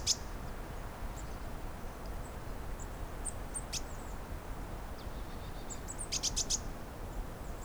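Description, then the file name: Eurasian blue tit giving sharp high notes, then a quick stuttering series of thin ticks near the end, over a low continuous rumble. "Cyanistes caeruleus"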